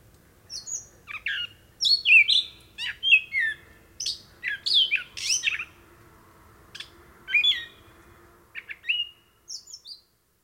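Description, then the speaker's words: Gray Catbird, a rapid medley of mewing, squeaky and whistled notes in irregular bursts, with a low background hum. Lone catbird singing a night song, with frogs croaking and bellowing in the distance. "Here, a lone catbird sings a beautiful night song as frogs croak and bellow in the distance."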